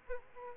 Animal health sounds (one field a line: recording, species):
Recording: mosquito wingbeat signal from an infrared sensor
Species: Aedes aegypti